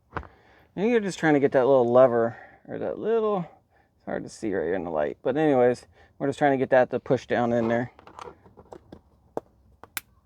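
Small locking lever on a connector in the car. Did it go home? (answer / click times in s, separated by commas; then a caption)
yes / 10.0 s. Someone talks while pressing a small plastic locking lever on a connector down into place in a 2026 Tesla Model Y Juniper during a pilot light install. After a few faint taps, a sharp click at 10.0 s marks the lever seating.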